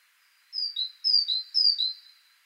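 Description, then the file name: Great tit giving three bright two-note phrases, each a sharp high note then a slightly lower one, in a brisk, regular sequence. "Parus major"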